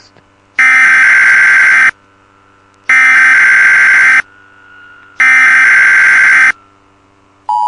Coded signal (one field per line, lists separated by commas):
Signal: Emergency Alert System (SAME) tones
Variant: header bursts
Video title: Alien Invasion EAS